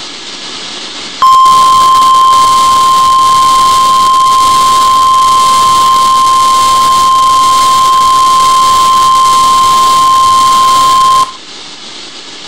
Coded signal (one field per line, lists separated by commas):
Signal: Emergency Alert System (SAME) tones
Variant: 1050 Hz attention tone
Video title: Severe Thunderstorm Watch (EAS #333)